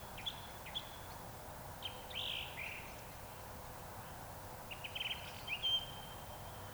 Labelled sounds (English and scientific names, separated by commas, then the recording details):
Eurasian Woodcock (Scolopax rusticola) whistle
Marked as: whistle, whistle, whistle
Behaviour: display flight
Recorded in Baden-Württemberg, Germany, on 26 June 2021 at 19:58 UTC
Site 45499, 200 m above sea level